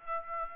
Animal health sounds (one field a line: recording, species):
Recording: mosquito wingbeat signal from an infrared sensor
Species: Aedes aegypti